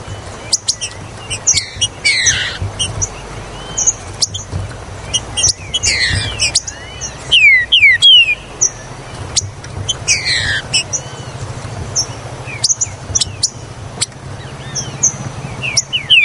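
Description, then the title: Green-winged saltator song: intermittent downward-slurred whistles among busy high chirping and clicking, over a continuous low hum. "Trinca Ferro Ao Maximo Trinca Ferro Maquin"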